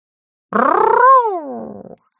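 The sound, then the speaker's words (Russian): A single loud, deep roar from the creature Kor lasting about a second and a half, sweeping across a valley against the walls of Laorden. It starts rough and pulsing, swells into a tonal peak, then slides down in pitch and trails off into a rasp. “Его рев оглушительным вихрем пронесся по долине, разбившись о несокрушимые стены Лаордена.”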